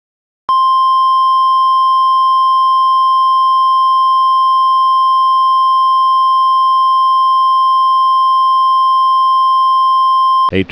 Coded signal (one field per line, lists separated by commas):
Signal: Emergency Alert System (SAME) tones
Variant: 1050 Hz attention tone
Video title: EAS #12 - Tornado Warning